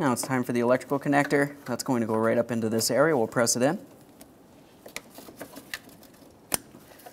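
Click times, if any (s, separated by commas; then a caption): 6.5 s. Someone talks, then a plastic wiring harness connector is pressed up into the back of the headlight assembly on a 2011-2021 Jeep Grand Cherokee during headlight bracket replacement. Soft handling ticks follow, and the connector clicks home with a sharp snap at 6.5 s, seating it before it is tugged to check and locked with its red tab.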